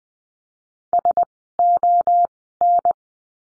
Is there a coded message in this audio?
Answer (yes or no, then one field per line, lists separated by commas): yes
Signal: Morse code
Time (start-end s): 0.9-2.9 s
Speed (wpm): 20 wpm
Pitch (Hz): 700 Hz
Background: none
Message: SON